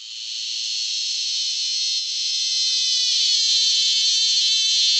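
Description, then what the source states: Cicada call: a continuous rasping drone that swells slightly louder and stays unbroken through the whole stretch. Call described as a 'motorchain' sound.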